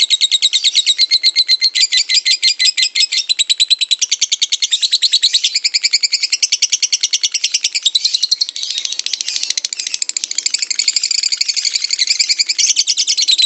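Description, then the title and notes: Lovebird ngekek song: one sustained, rapid, scratchy chatter of harsh repeated notes, growing denser and more blurred near the end. Lovebird ngekek song used as a master recording to train birds, played as pancingan to stimulate singing; described as long. "suara Master Kicau Lovebird ngekek, kicau pancingan"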